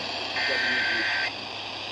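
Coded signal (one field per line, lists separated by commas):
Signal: Emergency Alert System (SAME) tones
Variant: header bursts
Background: speech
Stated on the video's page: EAS tests.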